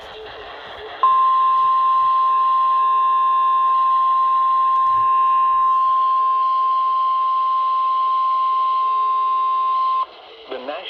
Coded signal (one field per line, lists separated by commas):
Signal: Emergency Alert System (SAME) tones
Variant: 1050 Hz attention tone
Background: speech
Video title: EAS #1,000! EAS Alerts from 6/16/22 (EAS #995-1,015)